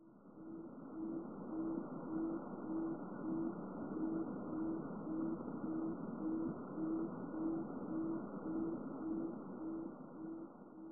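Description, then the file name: Barred buttonquail giving a long series of low, booming hoots, evenly repeated at almost two per second, over steady low rumbling background noise. Okinawa, Japan; recorded 19 May 2013. "mifuuzuraf kiyamu oshiro"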